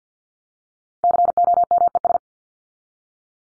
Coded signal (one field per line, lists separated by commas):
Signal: Morse code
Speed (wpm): 50 wpm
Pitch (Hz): 700 Hz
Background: none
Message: COMES